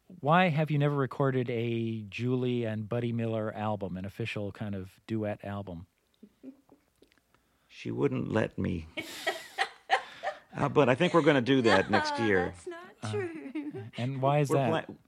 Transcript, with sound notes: Why have you never recorded a Julie and Buddy Miller album, an official kind of duet album?
She wouldn't let me.
(laughs)
But I think we're going to do that next year.
No, that's not true.
And why is that?